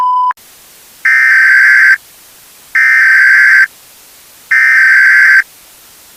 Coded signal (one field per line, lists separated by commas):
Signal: Emergency Alert System (SAME) tones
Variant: header bursts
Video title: Halloween Special/50 Subscriber Special - EAS Scenario: The Voices